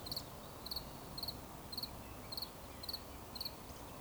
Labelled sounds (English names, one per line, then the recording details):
Eurasian Woodcock whistle
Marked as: whistle, whistle
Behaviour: display flight
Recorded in Baden-Württemberg, Germany, on 11 June 2020 at 19:51 UTC
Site 24578, 122 m above sea level